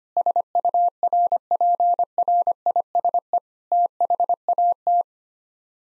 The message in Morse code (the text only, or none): SURPRISE THAT